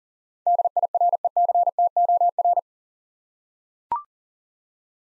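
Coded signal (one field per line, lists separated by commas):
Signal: Morse code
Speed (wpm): 40 wpm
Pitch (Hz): 700 Hz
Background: none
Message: DIRECTOR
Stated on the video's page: Morse practice at 40 wpm sending 8-letter words for head-copy, each word sent twice with spoken prompts between.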